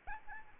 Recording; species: mosquito wingbeat signal from an infrared sensor; Aedes albopictus